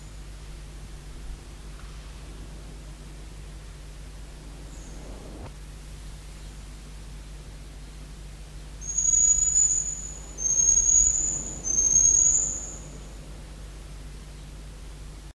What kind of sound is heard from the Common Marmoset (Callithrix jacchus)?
call